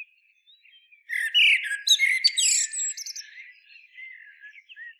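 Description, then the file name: Common blackbird song: a burst of loud squeaky notes and quick high trills, then trailing off into soft, thin warbling. "Turdus merula"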